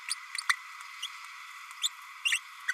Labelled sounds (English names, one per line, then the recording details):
Green-rumped Parrotlet babbling
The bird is a male
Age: 30 days
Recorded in a nest box in Venezuela
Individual 17B32A6